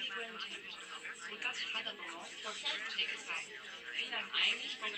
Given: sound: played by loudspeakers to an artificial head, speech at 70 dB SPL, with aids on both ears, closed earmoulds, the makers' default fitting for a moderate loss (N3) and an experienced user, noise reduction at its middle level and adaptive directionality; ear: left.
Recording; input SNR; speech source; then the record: speech test signal (ISTS) in cocktail-party noise; -3 dB; on the right (90 degrees)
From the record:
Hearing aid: class 1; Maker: I